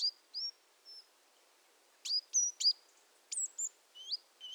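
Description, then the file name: Great tit calls: thin, high notes, each with a short sharp sweep, given in a few loose groups with pauses between. "Parus major"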